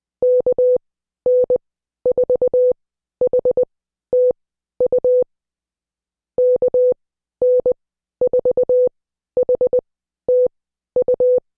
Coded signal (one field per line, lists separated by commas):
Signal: Morse code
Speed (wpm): 20 wpm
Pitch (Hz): 500 Hz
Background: none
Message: KN4HTU KN4HTU